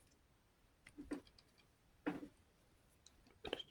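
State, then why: Not seated. A metal part is pushed into the trigger group housing of an STV MK-67 rifle during reassembly, with soft scraping taps around 0.9–1.2 s and sharper metallic knocks near 2.1 s and 3.5 s. The part does not seat, and nothing has clicked into place yet.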